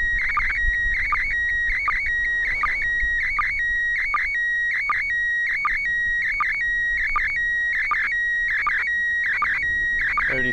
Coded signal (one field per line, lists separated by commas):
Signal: SSTV (slow-scan television)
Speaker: volume up and down a little bit one minute 30